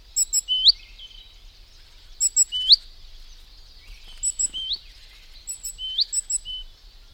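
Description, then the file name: Great tit, repeated bursts of sharp high ticks and a quickly rising note, about every two seconds, set against a steady high background drone. "Parus major"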